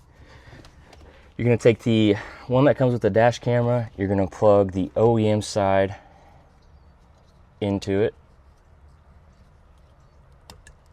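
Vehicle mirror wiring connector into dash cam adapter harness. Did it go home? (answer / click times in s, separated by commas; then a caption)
yes / 10.5 s. Someone talks while the OEM side of a Ford Bronco's mirror wiring harness is plugged into the adapter harness that comes with the dash cam. After a quiet stretch, a sharp click at 10.5 s marks the connector seating and locking into place.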